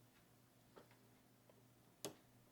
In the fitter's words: there we go it clicks done on it and picks it right up